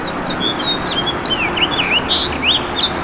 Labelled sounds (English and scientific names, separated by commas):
House Finch (Haemorhous mexicanus) song